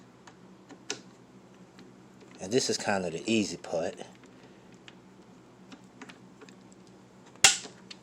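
A click torque wrench tightens the final scope mount screw on an AR-15 rifle as someone talks, with soft ticking and small taps in the background. The wrench gives a sharp, loud click at 7.4 seconds, showing the screw has reached the set torque.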